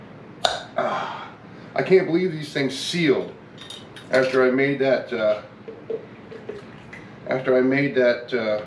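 A metal lid comes off a glass jar that was filled with hot puree and sealed itself as it cooled. Its vacuum seal releases with a sharp pop at 0.4 s, and then someone talks.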